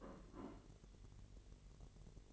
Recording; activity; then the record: daily activity, microphone in the room; place plate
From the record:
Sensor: 4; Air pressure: 1002.9 hPa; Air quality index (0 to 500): 248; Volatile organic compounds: 20 ppm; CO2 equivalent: 2694 ppm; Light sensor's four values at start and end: 5/12/4/5 and 5/12/4/5